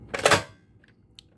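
A button is pressed on a Jazwares toy figure playset, releasing its raised plastic sliding door, which drops down with a sharp clack at 0.2 s that rings briefly and fades by about 0.5 s. Two faint, brief ticks follow at about 0.8 s and 1.2 s, and the door ends up released.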